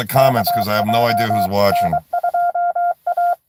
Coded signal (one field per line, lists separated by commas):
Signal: Morse code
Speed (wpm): 23 wpm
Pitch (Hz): 700 Hz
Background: speech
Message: KJ N2A